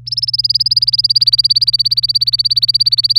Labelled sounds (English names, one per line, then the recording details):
Domestic Canary song
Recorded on 23 April 2018 at 17:18
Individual llb3